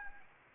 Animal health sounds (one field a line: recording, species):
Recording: mosquito wingbeat signal from an infrared sensor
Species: Anopheles gambiae